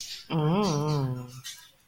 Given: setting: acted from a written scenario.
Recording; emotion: vocal sound without words; contempt